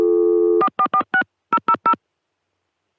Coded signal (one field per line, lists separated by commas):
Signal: DTMF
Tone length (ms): 80 ms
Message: 4446000